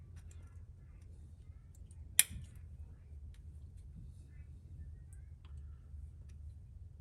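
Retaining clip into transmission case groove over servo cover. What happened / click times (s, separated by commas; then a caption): A metal retaining clip snapped into its groove / 2.2 s. A metal retaining clip is reinstalled over the servo cover of a Corvette 4L60E/4L65E transmission and pressed into its groove in the transmission case. A single sharp, loud snap rings out at 2.2 s against a low steady hum, with only faint ticks elsewhere. The clip is seated and confirmed installed.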